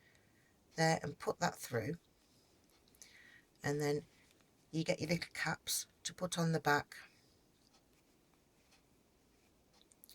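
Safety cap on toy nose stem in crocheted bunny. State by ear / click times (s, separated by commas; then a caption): seated / 9.9 s, 10.0 s, 10.1 s. A plastic safety cap is pushed onto the back of a plastic toy nose stem through a crocheted bunny while someone talks. Soft clicks are heard at 9.9, 10.0 and 10.1 seconds as the cap clicks into place, and the nose is confirmed seated.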